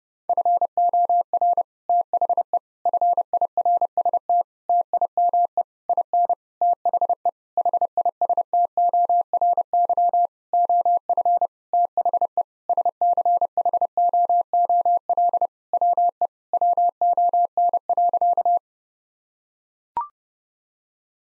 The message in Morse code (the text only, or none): FOR THE FIRST TIME IN THE HISTORY OF THE SCHOOL WE WON.